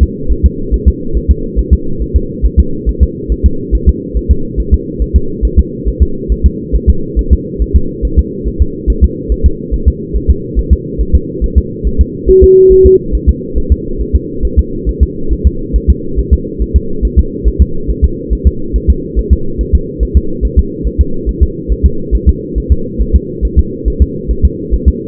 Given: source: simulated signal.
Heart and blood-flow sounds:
fetal heart sounds
0.03 s: S2
0.32 s: S1
0.46 s: S2
0.74 s: S1
0.88 s: S2
1.17 s: S1
1.31 s: S2
1.59 s: S1
1.73 s: S2
2.02 s: S1
2.16 s: S2
2.45 s: S1
2.60 s: S2
2.89 s: S1
3.03 s: S2
3.32 s: S1
3.46 s: S2
3.75 s: S1
3.89 s: S2
4.17 s: S1
4.31 s: S2
4.60 s: S1
4.74 s: S2
5.02 s: S1
5.16 s: S2
5.45 s: S1
5.59 s: S2
5.88 s: S1
6.02 s: S2
6.32 s: S1
6.46 s: S2
6.75 s: S1
6.90 s: S2
7.19 s: S1
7.33 s: S2
7.62 s: S1
7.76 s: S2
8.05 s: S1
8.19 s: S2
8.48 s: S1
8.62 s: S2
8.90 s: S1
9.04 s: S2
9.32 s: S1
9.46 s: S2
9.74 s: S1
9.88 s: S2
10.16 s: S1
10.30 s: S2
10.59 s: S1
10.73 s: S2
11.01 s: S1
11.15 s: S2
11.44 s: S1
11.58 s: S2
11.87 s: S1
12.01 s: S2
12.30 s: S1
12.44 s: S2
12.72 s: S1
12.86 s: S2
13.15 s: S1
13.29 s: S2
13.58 s: S1
13.72 s: S2
14.01 s: S1
14.16 s: S2
14.45 s: S1
14.59 s: S2
14.89 s: S1
15.03 s: S2
15.33 s: S1
15.47 s: S2
15.76 s: S1
15.90 s: S2
16.19 s: S1
16.33 s: S2
16.62 s: S1
16.76 s: S2
17.05 s: S1
17.19 s: S2
17.48 s: S1
17.62 s: S2
17.90 s: S1
18.04 s: S2
18.33 s: S1
18.47 s: S2
18.76 s: S1
18.90 s: S2
19.19 s: S1
19.33 s: S2
19.61 s: S1
19.75 s: S2
20.03 s: S1
20.17 s: S2
20.45 s: S1
20.59 s: S2
20.87 s: S1
21.01 s: S2
21.29 s: S1
21.43 s: S2
21.72 s: S1
21.86 s: S2
22.15 s: S1
22.29 s: S2
22.58 s: S1
22.72 s: S2
23.01 s: S1
23.16 s: S2
23.45 s: S1
23.59 s: S2
23.88 s: S1
24.02 s: S2
24.31 s: S1
24.45 s: S2
24.74 s: S1
24.88 s: S2
From the record:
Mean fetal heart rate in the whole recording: 140 bpm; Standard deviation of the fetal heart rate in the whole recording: 2 bpm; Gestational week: 34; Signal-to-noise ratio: -8.1 dB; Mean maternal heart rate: 72 bpm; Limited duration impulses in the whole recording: present

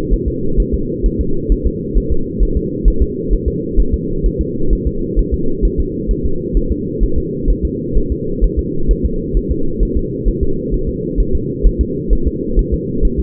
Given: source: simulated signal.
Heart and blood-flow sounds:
fetal heart sounds
0.14 s: S1
0.28 s: S2
0.60 s: S1
0.74 s: S2
1.06 s: S1
1.21 s: S2
1.52 s: S1
1.67 s: S2
1.98 s: S1
2.12 s: S2
2.43 s: S1
2.57 s: S2
2.88 s: S1
3.02 s: S2
3.33 s: S1
3.48 s: S2
3.80 s: S1
3.94 s: S2
4.26 s: S1
4.41 s: S2
4.73 s: S1
4.87 s: S2
5.19 s: S1
5.34 s: S2
5.65 s: S1
5.80 s: S2
6.11 s: S1
6.26 s: S2
6.57 s: S1
6.72 s: S2
7.04 s: S1
7.18 s: S2
7.50 s: S1
7.65 s: S2
7.97 s: S1
8.12 s: S2
8.44 s: S1
8.59 s: S2
8.91 s: S1
9.05 s: S2
9.37 s: S1
9.52 s: S2
9.83 s: S1
9.97 s: S2
10.28 s: S1
10.43 s: S2
10.74 s: S1
10.89 s: S2
11.20 s: S1
11.35 s: S2
11.67 s: S1
11.81 s: S2
12.13 s: S1
12.27 s: S2
12.59 s: S1
12.74 s: S2
13.05 s: S1
13.20 s: S2
From the record:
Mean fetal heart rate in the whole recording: 130 bpm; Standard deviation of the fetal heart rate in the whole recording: 2 bpm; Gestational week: 36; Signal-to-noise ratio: -8.1 dB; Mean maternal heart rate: 72 bpm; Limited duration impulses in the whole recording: absent

